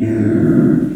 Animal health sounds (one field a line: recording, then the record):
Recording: squeal of a Yucatan mini pig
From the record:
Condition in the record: after surgery on the right vocal fold (resection and tissue-engineered implant)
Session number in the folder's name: 4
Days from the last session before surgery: 26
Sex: female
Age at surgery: 19 weeks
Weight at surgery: 25 kg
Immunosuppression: prednisolone